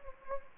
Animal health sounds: mosquito wingbeat signal from an infrared sensor; Anopheles gambiae

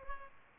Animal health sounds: mosquito wingbeat signal from an infrared sensor; Culex pipiens

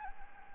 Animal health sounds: mosquito wingbeat signal from an infrared sensor; Anopheles gambiae

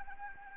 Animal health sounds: mosquito wingbeat signal from an infrared sensor; Anopheles arabiensis

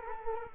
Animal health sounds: mosquito wingbeat signal from an infrared sensor; Culex quinquefasciatus

